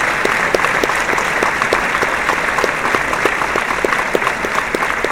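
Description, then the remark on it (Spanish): A church audience applauds the Lord steadily, a dense wash of many hands clapping at an even, loud level with no talking, sustained throughout. “Dale un aplauso al Señor y dale un aplauso a tu buena vida.”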